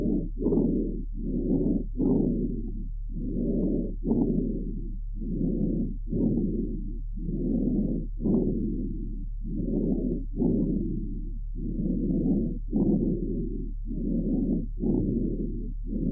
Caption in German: Ähnlich laute in- und expiratorisch hörbare Lungengeräusche wie beim gesunden Fohlen sind beim erwachsenen Pferd in Ruhe nur unter pathologischen Bedingungen anzutreffen. Bronchialen Atemgeräusches wurde bei einem Pferd mit Aspirationspneumonie registriert.